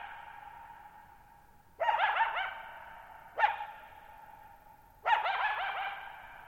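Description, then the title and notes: Coyote yipping in three bursts of quavering, warbling notes, each trailing into a sustained echoing tone. Lone coyote at night, July 14, 2019, near Thirtymile Meadows, Okanogan National Forest, Okanogan High Country, Pacific Northwest, 6400 ft (1950 m); high dry plateau, tall sharp mountains, shallow bowl-shaped meadows forming a natural amphitheater, boggy ground. "Lone Coyote at Thirtymile Meadows. I spent the night of July 14, 2019, camped near Thirtymile Meadows in the Okanogan National Forest at 6400 ft (1950 m)"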